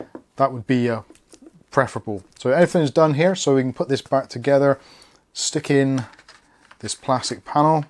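Someone talks while handling the plastic bottom access panel of a 10-year-old ASUS P550L laptop, getting ready to press it into the laptop base over a small plastic wedge. Faint handling sounds sit between the speech. Nothing has seated or clicked yet; the panel is not yet home.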